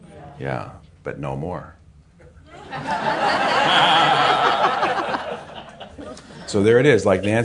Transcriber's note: laughter